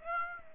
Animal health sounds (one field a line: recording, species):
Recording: mosquito wingbeat signal from an infrared sensor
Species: Aedes aegypti